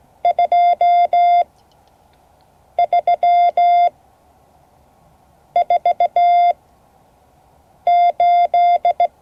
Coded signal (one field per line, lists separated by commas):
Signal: Morse code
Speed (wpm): 16 wpm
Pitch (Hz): 700 Hz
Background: none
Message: 2348